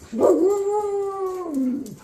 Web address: shiba woo